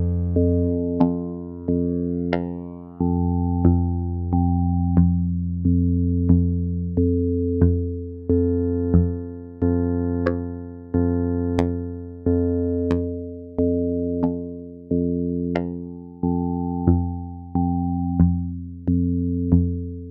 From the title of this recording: Vactrol Drone Tones